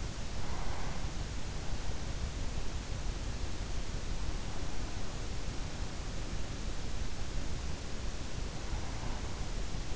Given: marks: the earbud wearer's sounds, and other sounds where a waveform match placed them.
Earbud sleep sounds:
sounds in sleep by an in-ear microphone; breath
0.00-1.53 s: breath

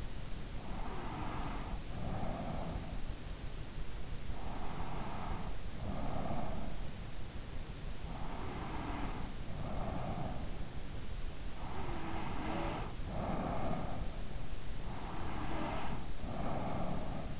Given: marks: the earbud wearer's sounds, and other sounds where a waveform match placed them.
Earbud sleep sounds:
sounds in sleep by an in-ear microphone; snoring breath, breath
0.71-3.34 s: snoring breath
4.03-6.37 s: breath
6.88-10.31 s: snoring breath
10.71-14.43 s: breath
15.29-17.40 s: breath

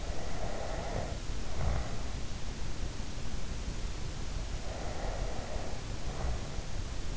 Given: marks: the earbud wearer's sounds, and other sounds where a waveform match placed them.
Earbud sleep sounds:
sounds in sleep by an in-ear microphone; snoring breath, breath
0.00-2.18 s: snoring breath
4.57-6.87 s: breath

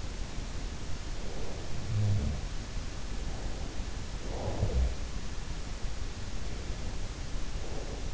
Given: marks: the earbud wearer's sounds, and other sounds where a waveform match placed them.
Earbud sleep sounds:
sounds in sleep by an in-ear microphone; breath
1.33-2.59 s: breath
1.70-2.59 s: sound from someone else or the room
3.02-5.21 s: breath
4.28-4.98 s: sound from someone else or the room
6.21-8.14 s: breath

